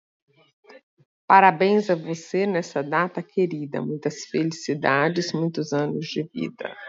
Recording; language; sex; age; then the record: short text; Brazilian Portuguese; female; 50 to 59 years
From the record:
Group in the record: control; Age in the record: 55 years